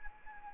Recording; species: mosquito wingbeat signal from an infrared sensor; Anopheles arabiensis